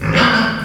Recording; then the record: squeal of a Yucatan mini pig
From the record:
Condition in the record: after surgery on the right vocal fold (resection and tissue-engineered implant); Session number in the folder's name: 15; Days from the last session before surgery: 175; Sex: female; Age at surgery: 19 weeks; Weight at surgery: 25 kg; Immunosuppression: prednisolone